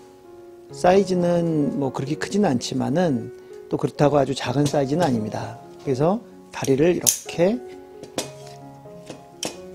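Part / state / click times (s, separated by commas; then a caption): folding leg on a portable gas burner body / seated / 9.4 s. Someone talks while unfolding the metal legs of a portable gas burner, with music in the background. A sharp click at 9.4 s marks a leg snapping out and locking into place on the burner body, followed by a softer sound just after.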